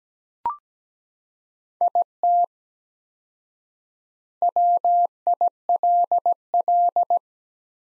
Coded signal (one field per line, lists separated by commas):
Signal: Morse code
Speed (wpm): 17 wpm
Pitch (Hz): 700 Hz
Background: none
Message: IT WILL